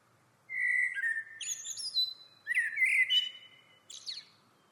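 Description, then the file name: Common blackbird song, a mellow, slightly wavering flute-like phrase with a high squeak, a second similar phrase, and a brief thin high twitter at the close. "Turdus merula"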